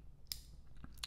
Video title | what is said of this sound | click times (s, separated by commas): Unboxing & Review Of A Zelos Aquamarine Swordfish Dive Watch | good solid click | 0.3 s, 1.0 s